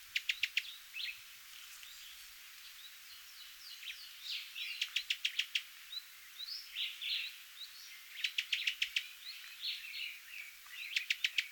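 Cuban tody calls, brisk rattles of sharp clicks in short bursts alternating with buzzy, slurred chirps, the clicking runs returning every few seconds.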